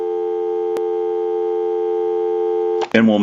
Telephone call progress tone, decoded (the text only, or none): dial tone